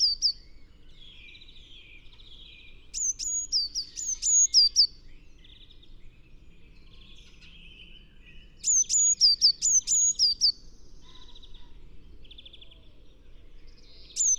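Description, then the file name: Eurasian blue tit calls: short bursts of thin, high, downslurred notes in quick runs, separated by quieter buzzy trilling phrases, with steady low background rumble. "Cyanistes caeruleus"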